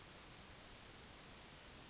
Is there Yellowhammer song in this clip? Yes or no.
yes